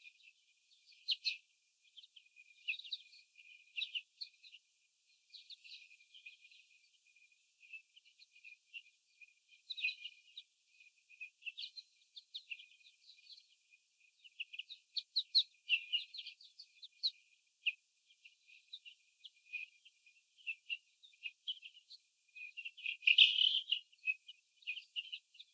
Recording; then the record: young laying hens in a cage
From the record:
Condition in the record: after the stressor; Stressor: sudden umbrella opening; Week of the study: 3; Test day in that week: 2